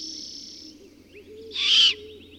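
Bird song: a steady high note, a few rising chirps and one loud harsh burst near the end, over soft low warbling.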